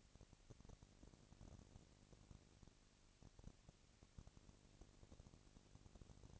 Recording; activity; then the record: daily activity, microphone in the room; no activity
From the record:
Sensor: 4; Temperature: 22.4 degrees Celsius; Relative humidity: 31.9%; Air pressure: 997.9 hPa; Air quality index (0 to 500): 203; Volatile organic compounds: 17 ppm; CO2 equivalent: 2570 ppm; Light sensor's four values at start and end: 2/3/1/1 and 2/3/1/1